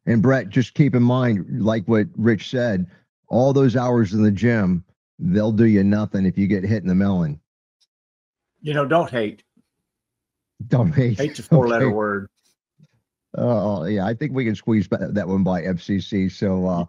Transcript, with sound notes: And Brett, just keep in mind, like what Rich said, all those hours in the gym, they'll do you nothing if you get hit in the melon.
You know, don't hate.
Don't hate. (laughs)
Hate's a four-letter word.
Oh, well, yeah, I think we can squeeze b- that one by FCC.